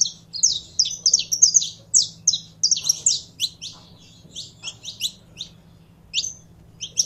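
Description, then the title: Belgian canary singing quick high twitters and sharp chirps, dense at first then thinning into spaced single notes, with a faint low hum beneath. Song of a purebred Belgian canary. "Canto Do Canário Belga Puro"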